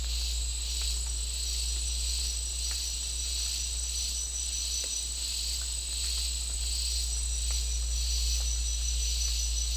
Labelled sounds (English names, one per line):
none